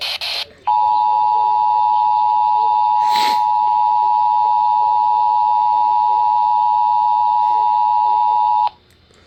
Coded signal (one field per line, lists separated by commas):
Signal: Emergency Alert System (SAME) tones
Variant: 853 and 960 Hz attention tone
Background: speech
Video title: Some more June fun. | EAS Alerts from 6/25-28/25 | EAS#2,203-2,226